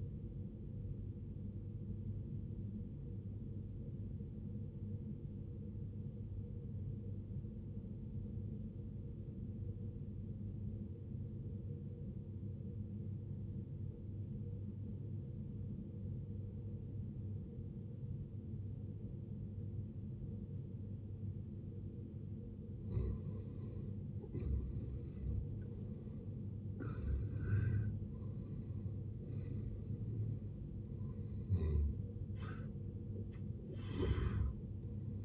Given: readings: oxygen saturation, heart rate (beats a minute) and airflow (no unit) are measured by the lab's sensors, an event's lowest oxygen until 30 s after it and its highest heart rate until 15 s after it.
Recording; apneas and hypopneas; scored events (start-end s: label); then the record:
breathing in sleep by a smartphone at the bedside; 1
3.00-24.90 s: obstructive apnea (N2, oxygen 93% highest, then 80% lowest, heart rate 56 at the start, 78 highest)
From the record:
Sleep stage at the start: N2 (light sleep); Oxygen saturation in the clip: 78 to 93%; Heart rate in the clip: 56 to 78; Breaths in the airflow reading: 4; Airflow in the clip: -12.5 to 15.2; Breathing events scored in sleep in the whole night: 389 in 6.3 hours asleep